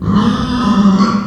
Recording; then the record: squeal of a Yucatan mini pig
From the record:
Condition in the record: after surgery on the right vocal fold (resection and tissue-engineered implant); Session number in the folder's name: 15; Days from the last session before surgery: 175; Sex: female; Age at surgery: 19 weeks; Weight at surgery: 25 kg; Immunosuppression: prednisolone